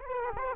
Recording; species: mosquito wingbeat signal from an infrared sensor; Aedes aegypti